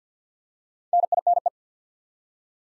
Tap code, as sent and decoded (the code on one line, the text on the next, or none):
none